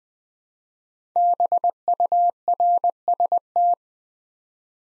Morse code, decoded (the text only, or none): BURST